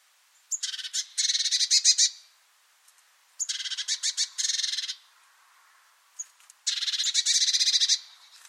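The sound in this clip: Bird giving three bursts of harsh, pulsed chatter, each lasting over a second, with a few thin high notes in the pauses between them.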